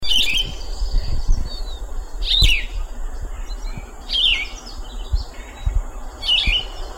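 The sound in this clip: Yellow-throated vireo song: short, slurred phrases given about every two seconds with pauses between, over a steady low background hum.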